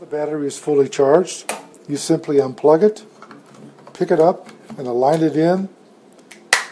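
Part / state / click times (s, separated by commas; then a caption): battery pack into cordless drill handle / seated / 6.5 s. A 12-volt lithium-ion battery pack for a Dextra 15016 cordless drill driver is lifted, aligned, and pushed into the drill's handle while someone talks. A few faint handling taps come before a sharp, loud snap at 6.5 s as the pack seats in place.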